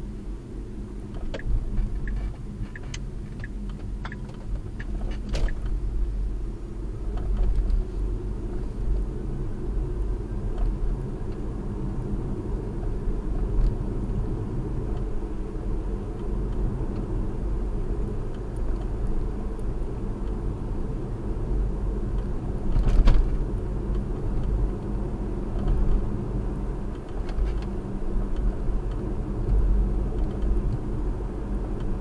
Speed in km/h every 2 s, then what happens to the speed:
29, 26, 27, 34, 40, 44, 45, 48, 48, 48, 48, 50, 52, 53, 53, 53.
3-14 speeds up to 48. 14-32 steady at about 50.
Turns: none.